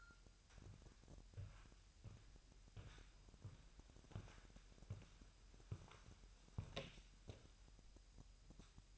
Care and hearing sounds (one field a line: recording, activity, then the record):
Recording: daily activity, microphone in the room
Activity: walk to room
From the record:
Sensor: 2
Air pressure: 1001.8 hPa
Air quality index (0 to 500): 249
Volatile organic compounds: 36 ppm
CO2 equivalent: 3080 ppm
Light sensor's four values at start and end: 6/13/5/5 and 3/7/3/3